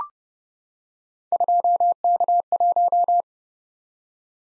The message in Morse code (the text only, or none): 2K1